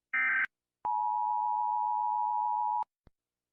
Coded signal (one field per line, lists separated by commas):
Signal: Emergency Alert System (SAME) tones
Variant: 853 and 960 Hz attention tone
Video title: ￼Rating EAS Alarms S2 Part 3: The Long Boi